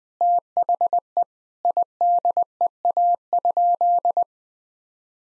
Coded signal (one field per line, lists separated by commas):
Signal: Morse code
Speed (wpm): 20 wpm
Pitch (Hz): 700 Hz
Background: none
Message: THE IDEA?